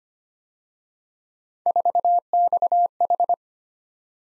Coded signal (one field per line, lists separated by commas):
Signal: Morse code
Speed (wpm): 30 wpm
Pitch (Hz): 700 Hz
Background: none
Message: 4XH